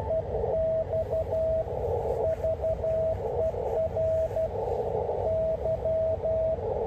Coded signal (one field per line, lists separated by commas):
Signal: Morse code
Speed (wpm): 12 wpm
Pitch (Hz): 640 Hz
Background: radio noise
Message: EXVERY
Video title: 2024-09-11 ham radio session